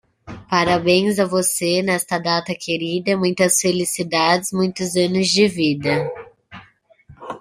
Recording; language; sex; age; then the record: short text; Brazilian Portuguese; female; 20 to 29 years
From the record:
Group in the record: control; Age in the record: 25 years